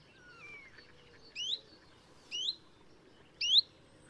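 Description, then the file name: Common chiffchaff uttering three short upslurred whistles about a second apart, after soft fainter whistles at the start. "Pouillot veloce"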